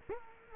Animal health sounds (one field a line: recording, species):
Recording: mosquito wingbeat signal from an infrared sensor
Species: Culex quinquefasciatus